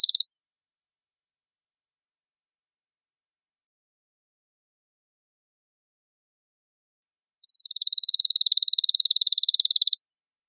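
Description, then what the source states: Chipping sparrow, with the tail of one trill, a long silent gap, then a steady, evenly pulsed trill of about two and a half seconds. Recorded on 5 May 2006.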